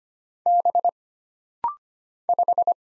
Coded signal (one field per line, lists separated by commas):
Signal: Morse code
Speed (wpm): 25 wpm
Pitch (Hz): 700 Hz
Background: none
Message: B 5